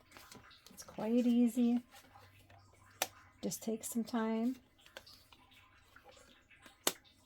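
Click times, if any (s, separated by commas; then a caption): 6.9 s. A folded, laminated paper magnetic bookmark with magnets inside is closed after someone talks briefly. The magnet halves snap together with a sharp click at 6.9 s, and the bookmark is shut.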